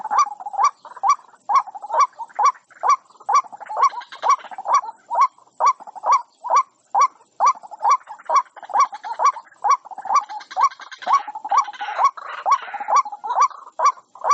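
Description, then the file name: White-breasted waterhen, long series of croaking notes at a quick, even beat, with harsher overlapping sounds in places. Calling to its flock. "Tieng quoc goi bay"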